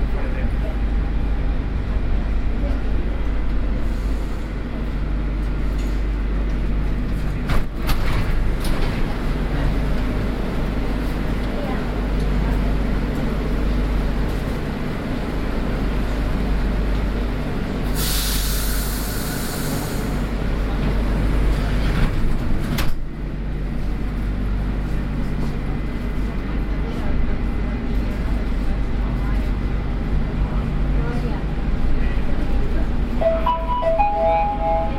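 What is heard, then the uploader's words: Inside a metro train under way, a deep steady rumble fills the carriage with murmured voices mixed in. A brighter hiss rises for a couple of seconds near the middle, with clunks around it, and a short tonal chime sounds at the very end. Binaural Diaries - Barcelona Metro Journey. We were riding Linea 3 from Vallcarca to Liceu.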